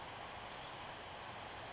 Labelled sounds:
Western Flycatcher (Empidonax difficilis)
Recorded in Sonoma County, California

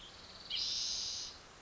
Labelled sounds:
Western Tanager (Piranga ludoviciana)
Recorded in Sonoma County, California

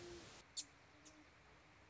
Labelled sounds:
Great Horned Owl (Bubo virginianus)
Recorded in Sonoma County, California

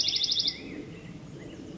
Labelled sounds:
Black-headed Grosbeak (Pheucticus melanocephalus)
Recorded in Sonoma County, California

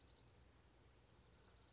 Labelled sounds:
Blue-gray Gnatcatcher (Polioptila caerulea)
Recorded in Sonoma County, California

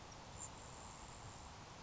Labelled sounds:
Grasshopper Sparrow (Ammodramus savannarum)
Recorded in Sonoma County, California

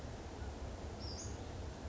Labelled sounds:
Western Flycatcher (Empidonax difficilis)
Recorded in Sonoma County, California

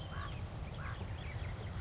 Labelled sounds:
Common Raven (Corvus corax)
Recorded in Sonoma County, California

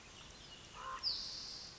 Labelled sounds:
Common Raven (Corvus corax)
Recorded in Sonoma County, California

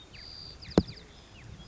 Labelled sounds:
White-crowned Sparrow (Zonotrichia leucophrys)
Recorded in Sonoma County, California

